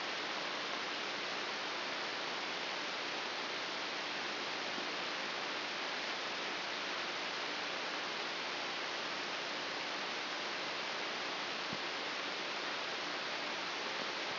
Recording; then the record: brain microelectrode recording played as sound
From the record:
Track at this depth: inside the subthalamic nucleus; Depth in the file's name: 1.456 mm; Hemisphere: left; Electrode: 2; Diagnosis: Parkinson's disease